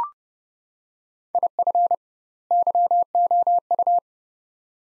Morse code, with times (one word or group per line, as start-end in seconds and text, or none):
1.3-1.9 IF
2.5-4.0 YOU